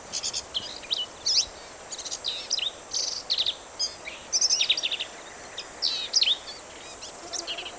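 Black-capped vireo singing loud, rapid bursts of varied, high chattering phrases with brief pauses between them.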